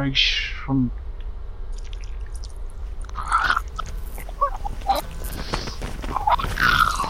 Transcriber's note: squelching, distorted noises